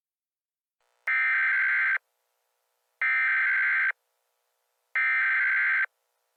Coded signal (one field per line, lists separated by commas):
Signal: Emergency Alert System (SAME) tones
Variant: header bursts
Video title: EAS Scenario - Astronomical Disaster